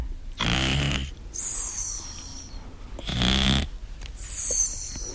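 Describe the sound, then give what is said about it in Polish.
A snoring sound effect: two loud, rough snoring breaths, each a deep rasping inhale followed by a high whistling exhale, repeating in a slow steady rhythm with no talking. “Specjalnie, wiesz co takiego? Co? Sen.”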